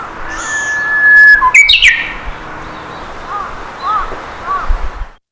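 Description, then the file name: Japanese bush warbler song: a long steady whistle followed by a quick, twisting flourish, then three soft, arched notes. Recorded in May 2004. "200405 uguisu"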